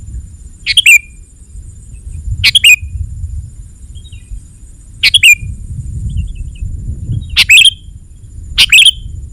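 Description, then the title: Sooty-headed bulbul calling in brief, bright, slurred chirps, five loud bursts at uneven intervals against a constant low rumble. "kutilang"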